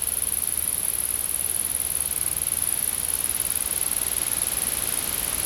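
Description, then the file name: Insect calling with an even, high-pitched trill held steady from start to finish, over light hiss. Insects in a field. "Insects In The Field"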